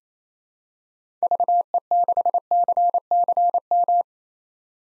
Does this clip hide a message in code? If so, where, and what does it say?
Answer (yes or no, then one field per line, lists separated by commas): yes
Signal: Morse code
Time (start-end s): 1.2-4.0 s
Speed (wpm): 28 wpm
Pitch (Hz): 700 Hz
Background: none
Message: VE6CCM